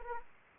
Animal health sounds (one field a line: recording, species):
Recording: mosquito wingbeat signal from an infrared sensor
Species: Anopheles arabiensis